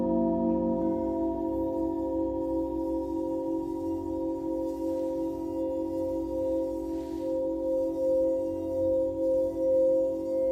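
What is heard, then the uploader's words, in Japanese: A Tibetan singing bowl rings in a long, sustained drone, its steady tones holding for the whole eleven seconds without fading. A slow, gentle wavering pulses through the sound, and a soft low rumble sits beneath, with a brief faint hiss near seven seconds. チベタンシンギングボウルの子守唄。日本の真夜中に合わせていつもよりそっとそっと叩きました。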